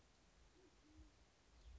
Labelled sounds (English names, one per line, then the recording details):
Band-tailed Pigeon
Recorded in Sonoma County, California